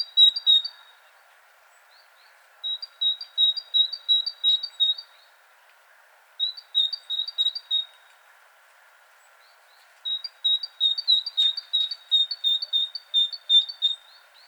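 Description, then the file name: Great tit giving repeated sharp high notes in four bursts, each a quick string of similar calls separated by short silences, with a steady background hum. "Parus major"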